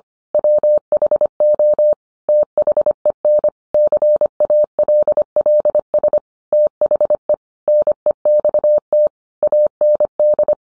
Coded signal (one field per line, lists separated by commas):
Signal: Morse code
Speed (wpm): 25 wpm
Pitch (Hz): 600 Hz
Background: none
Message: WHO THEN CALLS THE NEXT AND